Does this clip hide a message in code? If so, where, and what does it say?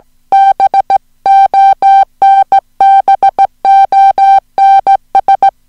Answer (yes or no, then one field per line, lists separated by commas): yes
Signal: Morse code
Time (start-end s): 0.3-5.5 s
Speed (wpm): 17 wpm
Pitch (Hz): 780 Hz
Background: music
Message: BONBONS